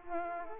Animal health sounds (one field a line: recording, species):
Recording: mosquito wingbeat signal from an infrared sensor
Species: Culex pipiens